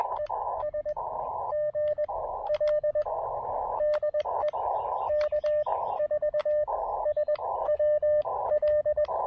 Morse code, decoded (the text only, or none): ES GL DE K4SWL